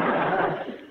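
A single harsh, abrupt cough from an adult in a live studio audience during a TV sitcom, sharp at onset and fading over under a second. An isolated cough with no wheeze or repeated bursts.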